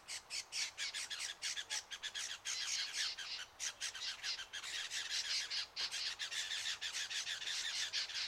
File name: BIRD LEWINS HONEY EATER DISTRESSED CALL